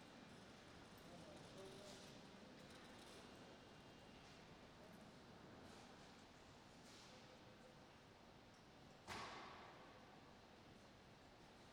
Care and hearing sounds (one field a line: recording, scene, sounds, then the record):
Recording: everyday scene through a hearing-aid microphone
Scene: reverberant space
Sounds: background noise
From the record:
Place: railway station hall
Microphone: in the ear canal, right